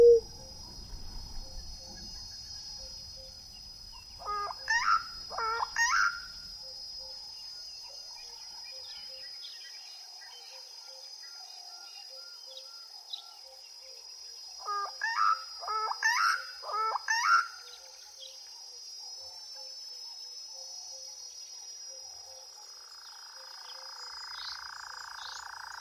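A nature recording carries a steady, bright insect-like drone that holds from start to finish. Two bursts of sweeping, whistled bird calls arrive around five and sixteen seconds, a low rumble fades out early, and a soft hiss rises near the end.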